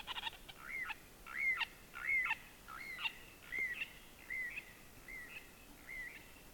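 Bird calls: a series of short, bright chirps, each with a quick upward-downward inflection, against quiet background hiss.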